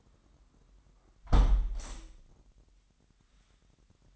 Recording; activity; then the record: daily activity, microphone in the room; close window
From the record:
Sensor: 3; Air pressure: 998.5 hPa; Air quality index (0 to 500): 141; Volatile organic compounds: 4 ppm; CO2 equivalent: 1697 ppm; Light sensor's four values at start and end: 9/21/9/9 and 9/21/8/9